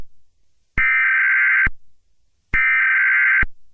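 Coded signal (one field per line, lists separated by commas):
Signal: Emergency Alert System (SAME) tones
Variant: header bursts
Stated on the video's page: Fictional EAS scenario, not a real alert.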